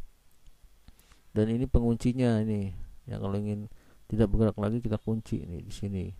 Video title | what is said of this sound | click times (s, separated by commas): PENGUKURAN | Nanti kalau udah apa mentok dia bunyi klik di sini ya. Klik. | 0.5 s, 0.9 s, 1.0 s